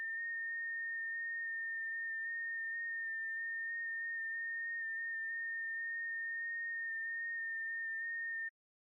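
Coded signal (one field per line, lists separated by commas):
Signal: FT8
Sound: a single steady whistle-like tone near 1.85 kHz with faint tiny pitch steps, stopping abruptly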